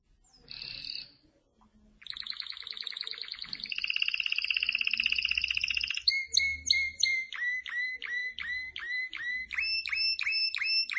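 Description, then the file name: Canary singing a long rapid trill, then a series of repeated downslurred whistled notes. "Canary Voice"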